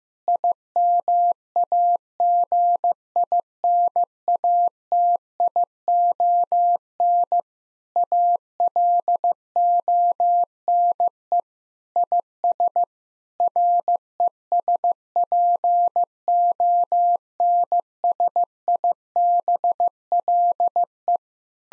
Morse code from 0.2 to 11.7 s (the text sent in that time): IMAGINATION ALONE